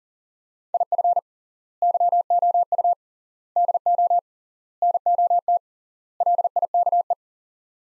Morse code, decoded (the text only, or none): IF YOU DO NOT LIKE